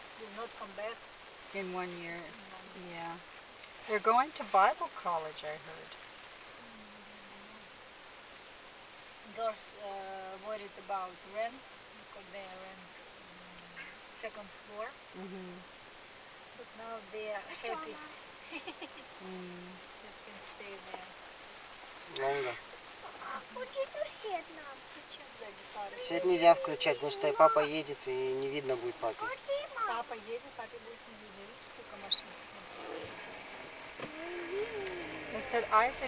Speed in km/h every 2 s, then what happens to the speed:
0, 0, 0, 0, 0, 0, 0, 0, 0, 0, 0, 0, 0, 0, 0, 0, 0, 0.
0-34 standing.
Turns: none.